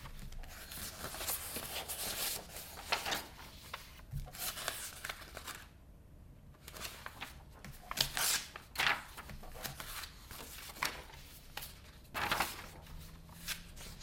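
Paper handling: crisp rustles and sliding sheets come in bursts, with sharper swells near eight and twelve seconds. Scattered light clicks and taps fill the gaps, a brief near-silence falls around six seconds, and a low hum stays underneath.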